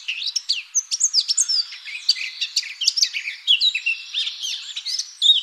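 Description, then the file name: Eurasian blackcap giving a quick, jumbled warble of bright chirps and short whistled slurs, steady and continuous. "Sylvia atricapilla"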